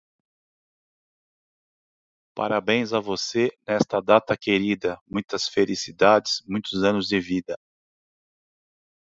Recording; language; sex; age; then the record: short text; Brazilian Portuguese; male; 50 to 59 years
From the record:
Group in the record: control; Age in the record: 53 years